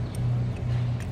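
A new spark plug is turned backwards (counter-clockwise) in the cylinder head bore of a 2019 VW Tiguan during an ignition coil and spark plug swap for a misfire. Its thread end drops into the start of the thread with a faint click at 0.2 s, over a steady low hum. The plug is seated and aligned, ready to be threaded in without cross-threading.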